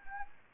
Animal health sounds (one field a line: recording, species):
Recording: mosquito wingbeat signal from an infrared sensor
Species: Anopheles gambiae